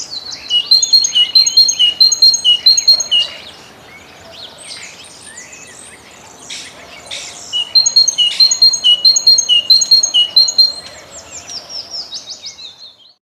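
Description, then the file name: Great tit song: bright two-note phrases repeated in two bursts, with a pause filled by other chirping between them. "Bogatka"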